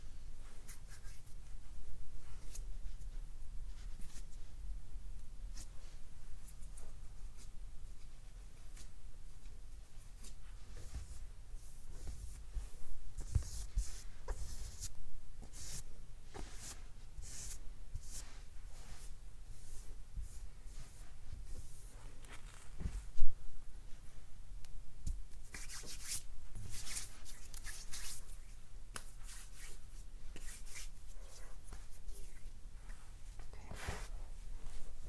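Soft rustling of clothes and skin-on-skin massage sounds run through the clip as brushing, scratchy strokes over a low steady rumble. The strokes come in irregular bursts, busier from about 13 to 18 seconds and again from 25 to 28 seconds, with a sharp click near 23 seconds.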